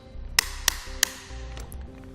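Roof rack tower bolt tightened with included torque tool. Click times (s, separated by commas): 0.4 s, 0.7 s, 1.0 s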